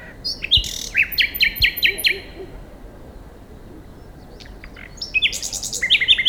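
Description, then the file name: Common nightingale singing a rapid series of repeated sharp notes, a quiet pause of a couple of seconds, then a fresh phrase of fast high chirps. "Luscinia megarhynchos"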